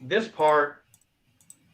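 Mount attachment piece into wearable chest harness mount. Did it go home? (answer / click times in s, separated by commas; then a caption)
yes / 1.4 s, 1.5 s. Someone talks briefly, then a mount attachment piece is fitted into a wearable chest harness mount, with faint clicks at 0.9 s and 1.0 s. Sharper clicks at 1.4 s and 1.5 s mark the piece locking into place, so it is seated.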